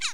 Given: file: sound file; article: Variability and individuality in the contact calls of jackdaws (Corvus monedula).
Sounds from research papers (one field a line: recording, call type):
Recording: jackdaw call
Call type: harmonic